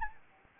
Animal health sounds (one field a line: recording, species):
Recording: mosquito wingbeat signal from an infrared sensor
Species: Anopheles arabiensis